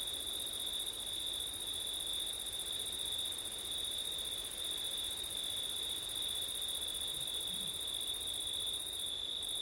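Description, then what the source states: Crickets keep up a constant high-pitched trilling with a fainter, higher whine above it, while wind rushes steadily beneath. September night, with wind; ORTF stereo microphone setup.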